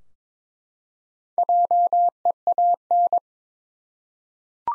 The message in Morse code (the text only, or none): JEAN